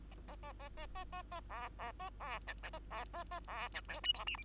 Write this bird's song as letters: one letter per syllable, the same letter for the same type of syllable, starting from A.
A A A A A A A A B B A B C C A B A A B C D E F G H